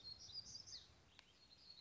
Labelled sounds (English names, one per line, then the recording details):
Black-throated Gray Warbler
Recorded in Sonoma County, California